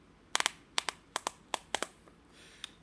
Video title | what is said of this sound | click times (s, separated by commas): Kore Essentials x series belt | it just Clips right in like this you start pushing it in you hear it | 0.4 s, 0.8 s, 1.2 s